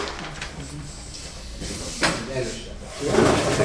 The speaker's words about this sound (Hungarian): Én közben kiszéket cserélek.